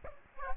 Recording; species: mosquito wingbeat signal from an infrared sensor; Aedes aegypti